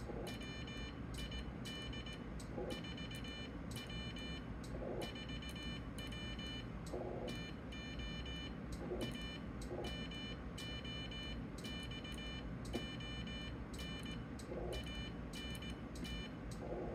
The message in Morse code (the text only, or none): WID 4W 4W TO A MOXON ANT